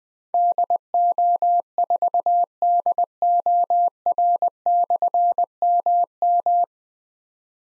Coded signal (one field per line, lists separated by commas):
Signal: Morse code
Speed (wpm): 21 wpm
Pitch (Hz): 700 Hz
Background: none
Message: DO4DOR/MM